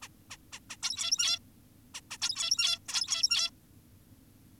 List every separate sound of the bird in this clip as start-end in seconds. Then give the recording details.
0.02-0.08, 0.30-0.37, 0.53-0.59, 0.70-0.77, 0.83-1.39, 1.94-2.01, 2.11-2.18, 2.22-2.79, 2.89-3.50. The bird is an adult. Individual g17y2U